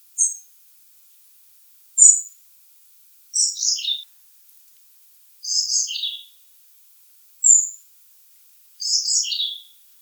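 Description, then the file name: European robin song: short high, tinkling phrases of thin whistles and trills, some sliding downward, delivered every one to two seconds against a quiet background. "Erithacus rubecula"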